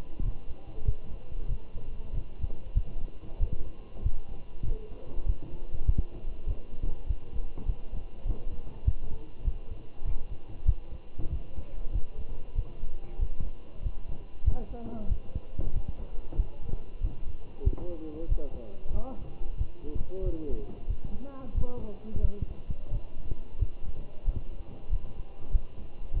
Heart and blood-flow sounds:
heart sounds by stethoscope; between the tricuspid and mitral areas; 95 bpm
0.23 s: heartbeat
0.85 s: heartbeat
1.49 s: heartbeat
2.13 s: heartbeat
2.76 s: heartbeat
3.40 s: heartbeat
4.03 s: heartbeat
4.65 s: heartbeat
5.27 s: heartbeat
5.87 s: heartbeat
6.47 s: heartbeat
7.08 s: heartbeat
7.66 s: heartbeat
8.26 s: heartbeat
8.86 s: heartbeat
9.45 s: heartbeat
10.06 s: heartbeat
10.66 s: heartbeat
11.31 s: heartbeat
11.93 s: heartbeat
12.56 s: heartbeat
13.20 s: heartbeat
13.83 s: heartbeat
14.45 s: heartbeat
15.09 s: heartbeat
15.74 s: heartbeat
16.37 s: heartbeat
17.02 s: heartbeat
17.65 s: heartbeat
18.29 s: heartbeat
18.93 s: heartbeat
19.58 s: heartbeat
20.24 s: heartbeat
20.88 s: heartbeat
21.55 s: heartbeat
22.22 s: heartbeat
22.92 s: heartbeat
23.59 s: heartbeat
24.26 s: heartbeat
24.90 s: heartbeat
25.52 s: heartbeat
26.14 s: heartbeat
From the record:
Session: walking at 3.7 km/h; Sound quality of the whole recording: good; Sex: male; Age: 23 years

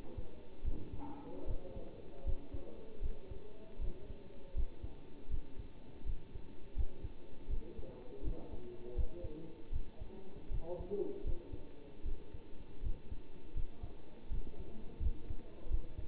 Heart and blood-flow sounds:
heart sounds by stethoscope; between the tricuspid and mitral areas; 80 bpm
0.64 s: heartbeat
1.47 s: heartbeat
2.25 s: heartbeat
3.01 s: heartbeat
3.80 s: heartbeat
4.55 s: heartbeat
5.30 s: heartbeat
6.06 s: heartbeat
6.76 s: heartbeat
7.49 s: heartbeat
8.23 s: heartbeat
8.96 s: heartbeat
9.72 s: heartbeat
10.50 s: heartbeat
11.25 s: heartbeat
12.04 s: heartbeat
12.82 s: heartbeat
13.55 s: heartbeat
14.31 s: heartbeat
15.02 s: heartbeat
15.70 s: heartbeat
From the record:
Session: bicycle stress test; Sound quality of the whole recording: good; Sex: male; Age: 27 years

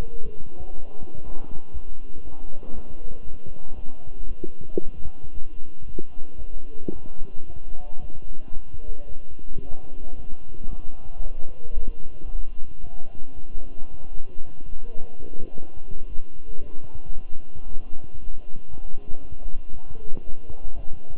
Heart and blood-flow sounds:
heart sounds by stethoscope; between the tricuspid and mitral areas; 114 bpm
0.24 s: heartbeat
0.74 s: heartbeat
1.24 s: heartbeat
1.73 s: heartbeat
2.23 s: heartbeat
2.74 s: heartbeat
3.25 s: heartbeat
3.75 s: heartbeat
4.27 s: heartbeat
4.80 s: heartbeat
5.33 s: heartbeat
5.86 s: heartbeat
6.38 s: heartbeat
6.92 s: heartbeat
7.46 s: heartbeat
8.00 s: heartbeat
8.53 s: heartbeat
9.07 s: heartbeat
9.61 s: heartbeat
10.16 s: heartbeat
10.69 s: heartbeat
11.21 s: heartbeat
11.73 s: heartbeat
12.25 s: heartbeat
12.80 s: heartbeat
13.35 s: heartbeat
13.90 s: heartbeat
14.45 s: heartbeat
15.00 s: heartbeat
15.54 s: heartbeat
16.08 s: heartbeat
16.61 s: heartbeat
17.13 s: heartbeat
17.66 s: heartbeat
18.18 s: heartbeat
18.70 s: heartbeat
19.21 s: heartbeat
19.72 s: heartbeat
20.24 s: heartbeat
20.75 s: heartbeat
From the record:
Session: walking at 3.7 km/h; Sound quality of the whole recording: good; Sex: male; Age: 23 years

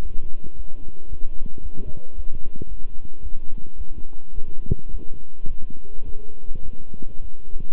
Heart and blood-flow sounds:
heart sounds by stethoscope; between the tricuspid and mitral areas; 108 bpm
0.00 s: heartbeat
0.54 s: heartbeat
1.08 s: heartbeat
1.61 s: heartbeat
2.14 s: heartbeat
2.67 s: heartbeat
3.21 s: heartbeat
3.76 s: heartbeat
4.33 s: heartbeat
4.90 s: heartbeat
5.46 s: heartbeat
6.03 s: heartbeat
6.61 s: heartbeat
7.20 s: heartbeat
From the record:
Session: walking at 3.7 km/h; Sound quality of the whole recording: good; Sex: male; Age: 26 years

